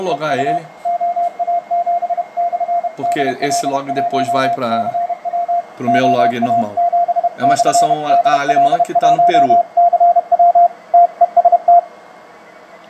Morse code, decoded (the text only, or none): EU OA7/DL1CW OA7/DL1CW TEST